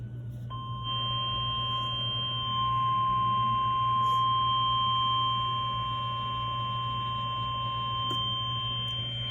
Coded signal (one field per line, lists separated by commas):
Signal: Emergency Alert System (SAME) tones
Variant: 1050 Hz attention tone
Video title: Required weekly test 3/10/21 (EAS #29)